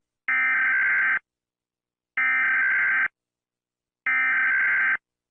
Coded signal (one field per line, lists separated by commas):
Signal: Emergency Alert System (SAME) tones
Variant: header bursts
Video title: EAS Scenario/Analog) Pennywise Attack (Part 1)